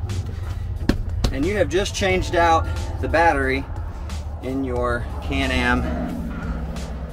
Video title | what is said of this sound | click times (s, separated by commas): 2019 CANAM BATTERY LOCATION AND REPLACEMENT | And push down, you'll hear it click, | 0.9 s